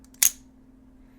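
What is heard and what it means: A Kershaw Launch 4 automatic box-cutter knife is fired at the same moment as an assisted-opening knife for comparison, with its blade springing out faster thanks to the auto feature. Two faint ticks come first, then a sharp, bright snap at 0.2 s as the folding blade locks open into its handle by the plunge lock, over a steady low hum. The blade is held firmly locked open.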